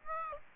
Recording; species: mosquito wingbeat signal from an infrared sensor; Aedes aegypti